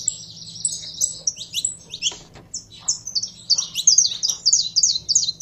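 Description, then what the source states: Belgian canary song: rapid high chirps and twittering trills, building into fast rolling phrases toward the end, with a faint low hum beneath. Song of a purebred Belgian canary.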